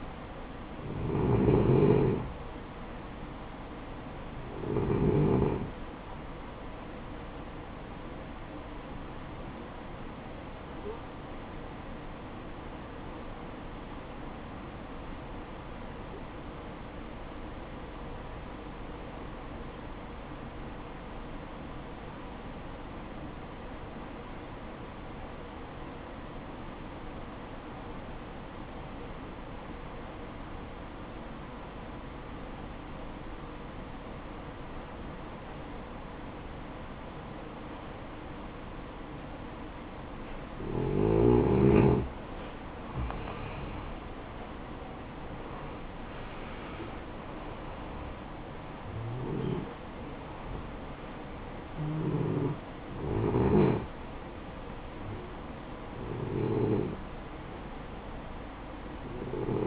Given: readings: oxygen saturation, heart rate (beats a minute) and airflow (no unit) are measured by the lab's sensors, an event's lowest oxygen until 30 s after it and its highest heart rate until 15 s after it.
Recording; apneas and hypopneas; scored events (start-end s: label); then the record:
breathing in sleep by a voice recorder at the bedside; 1
6.00-36.00 s: new sleep stage, N2 (light sleep)
13.00-43.60 s: obstructive apnea (N2, oxygen 96% highest, then 87% lowest, heart rate 58 at the start, 72 highest)
36.00-59.67 s: new sleep stage, N1 (lightest sleep)
From the record:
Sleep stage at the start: N1 (lightest sleep); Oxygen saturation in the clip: 86 to 96%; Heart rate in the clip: 54 to 72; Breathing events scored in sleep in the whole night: 573 in 9.8 hours asleep